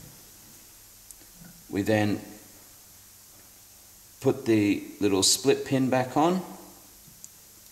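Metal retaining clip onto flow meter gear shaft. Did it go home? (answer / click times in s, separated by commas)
no / none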